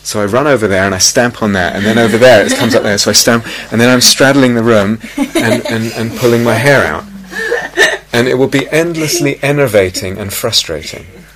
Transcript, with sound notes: So I run over there, and I stamp on that, and then over there, it comes up there, so I stamp -- and then I'm straddling the room and pulling my hair out. [laughter] And it will be endlessly enervating and frustrating.